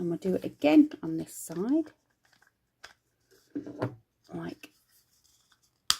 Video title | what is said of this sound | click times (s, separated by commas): 8 HOURS of Mystery Toy UNBOXINGS | And then you can hear a click when it's in properly. | 5.9 s